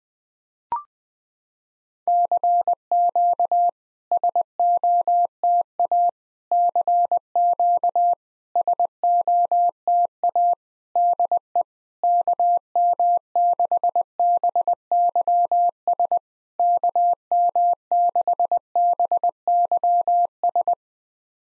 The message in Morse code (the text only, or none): CQ SOTA CQ SOTA DE KM6BYS KM6BYS